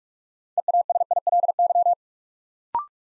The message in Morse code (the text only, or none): EASILY